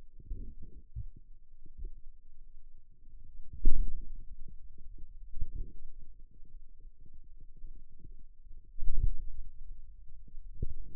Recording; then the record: forearm muscle sounds (acoustic myography)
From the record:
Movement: wrist flexion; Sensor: system 2, bracelet of six BSWA MPA416 microphones around the upper forearm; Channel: 5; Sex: male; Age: 22 years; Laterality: right